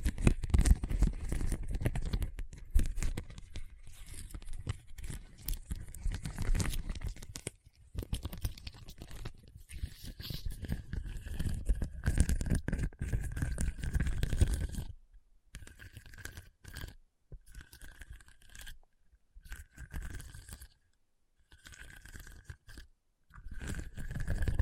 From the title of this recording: Hard and Bumpy Surface Scratching